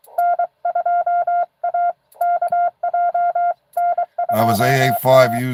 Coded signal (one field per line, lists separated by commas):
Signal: Morse code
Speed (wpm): 25 wpm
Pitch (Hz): 700 Hz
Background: speech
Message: N2AKJ N2A